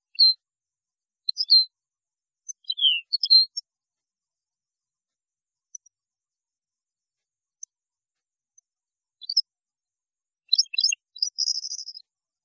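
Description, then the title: European goldfinch song, sparse high chirps and a falling slur, then a closing burst of twittering with a buzzy trill. "Chant Chardonneret"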